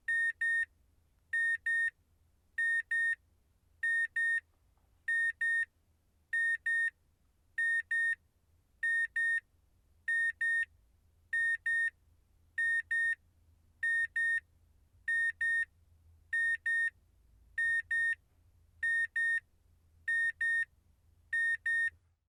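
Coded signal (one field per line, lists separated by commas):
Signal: none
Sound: a car's warning beeps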